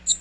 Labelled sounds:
Magnolia Warbler flight call

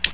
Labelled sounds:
Ovenbird flight call

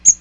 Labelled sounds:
Magnolia Warbler flight call

